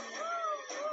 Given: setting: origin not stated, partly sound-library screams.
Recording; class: one-second piece from a danger detection set; woman in danger